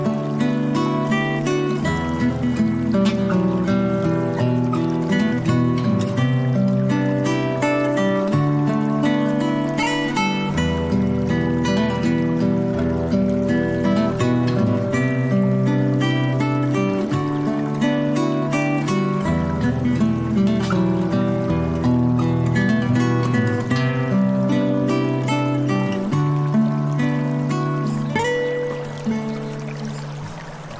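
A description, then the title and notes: Slow, calm spa music plays throughout, with full, sustained chords over a low bass line that shifts to a new note every few seconds. The level stays steady, with bright chiming tones on top, then eases slightly in the final seconds. Soothing Spa Music with Flowing Water Sounds.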